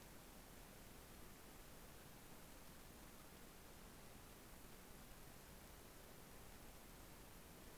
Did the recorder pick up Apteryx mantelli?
no